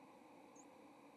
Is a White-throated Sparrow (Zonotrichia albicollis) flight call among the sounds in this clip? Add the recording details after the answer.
no. Another species' flight call is heard. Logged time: 07:29 on 30 October 2014